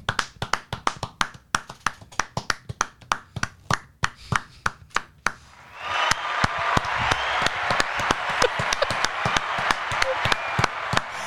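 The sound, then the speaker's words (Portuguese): A single person claps hands in a steady rhythm of sharp slaps for about five seconds, then a dense burst of crowd-like applause takes over, loud and continuous. “Ah, aplaudiram uma coisa. Eu só peguei a minha mão direita e esquerda e fiz isso aqui.”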